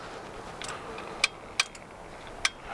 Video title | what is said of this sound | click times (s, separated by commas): Kuat Piston SR Bike Rack - Piston Pro X but for Heavy E Fat Bikes | oh I got three clicks good and now the bike is going to be easy to set up | 1.2 s, 1.6 s, 2.4 s